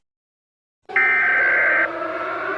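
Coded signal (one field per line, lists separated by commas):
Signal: Emergency Alert System (SAME) tones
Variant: header bursts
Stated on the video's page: Fictional EAS tones in a Stranger Things–themed simulated scenario.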